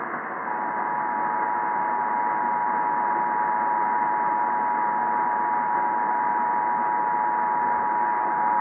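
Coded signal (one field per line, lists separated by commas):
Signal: Emergency Alert System (SAME) tones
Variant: 853 and 960 Hz attention tone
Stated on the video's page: South Dakota Required Monthly Test originated by the state public broadcaster and relayed on all South Dakota radio and TV stations.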